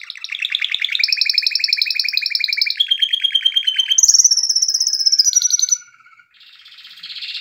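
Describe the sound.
Canary singing a run of fast buzzy trills, each held for a second or two before jumping to a new pitch, ending in a brief pause and a softer rattle.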